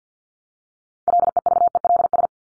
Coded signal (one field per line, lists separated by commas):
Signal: Morse code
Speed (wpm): 50 wpm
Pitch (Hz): 700 Hz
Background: none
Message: LEVELS